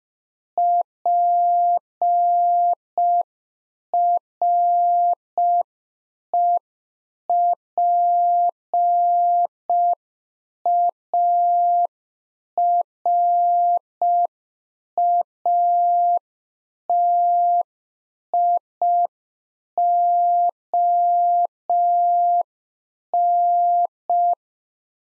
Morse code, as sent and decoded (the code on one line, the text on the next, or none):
.--. .-. . .--. .- .-. .- - .. --- -.
PREPARATION